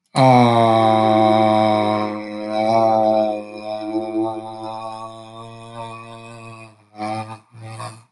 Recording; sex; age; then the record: vowel held as long as possible; male; 50 to 59 years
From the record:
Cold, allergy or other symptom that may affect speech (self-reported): no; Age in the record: 58 years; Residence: New Jersey, United States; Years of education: 16